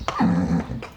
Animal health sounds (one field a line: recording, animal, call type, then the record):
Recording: contact call of a hoofed animal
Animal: horse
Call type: whinny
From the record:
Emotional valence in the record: positive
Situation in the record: reunion with the whole group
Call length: 0.97 s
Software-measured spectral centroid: 1550 Hz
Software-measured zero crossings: 1430 a second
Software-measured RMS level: -23 dBFS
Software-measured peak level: -7 dBFS